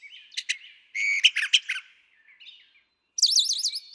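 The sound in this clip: Brown Thrasher: songbird phrases: scratchy paired notes, a short rapid burst, soft warbling, then a high wavering trill.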